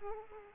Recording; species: mosquito wingbeat signal from an infrared sensor; Aedes aegypti